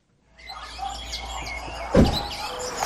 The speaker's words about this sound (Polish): Patrz, ile to jest ptaków.